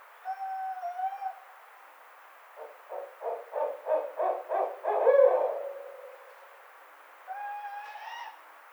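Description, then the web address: Barred owl with a fast series of pulsing hoots building to a drawn-out note, framed by higher wavering, whining calls at the start and end. Recorded on 29 May 2009. "Barred Owl 2009 05 29"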